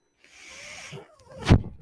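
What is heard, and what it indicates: A soft airflow hiss, a rising mechanical whine, then a brief thump: one breath cycle of a person's own home ventilator.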